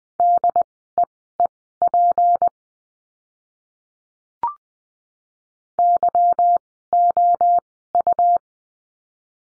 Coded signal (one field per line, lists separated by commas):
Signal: Morse code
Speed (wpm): 20 wpm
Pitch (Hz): 700 Hz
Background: none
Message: DEEP YOU